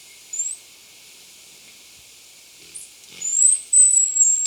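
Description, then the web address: Barred Fruiteater song: a brief thin high whistle, then after a pause a long, very high, drawn-out whistle that rises slightly and holds steady. Recorded in Ecuador. "Natures Songs S America Birds of Ecuador 3. Barred Fruiteater"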